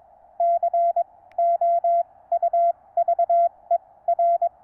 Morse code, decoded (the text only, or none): COUVER